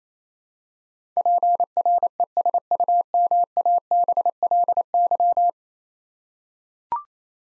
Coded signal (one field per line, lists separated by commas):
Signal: Morse code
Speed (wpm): 28 wpm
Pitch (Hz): 700 Hz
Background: none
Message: PRESUMABLY